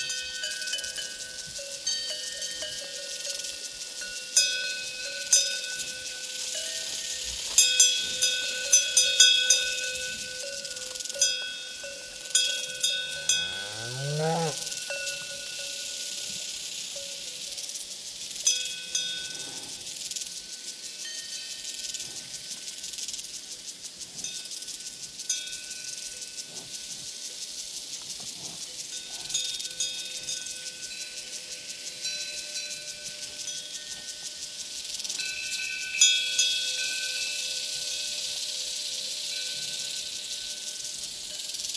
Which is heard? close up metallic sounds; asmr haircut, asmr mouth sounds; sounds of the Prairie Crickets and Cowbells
sounds of the Prairie Crickets and Cowbells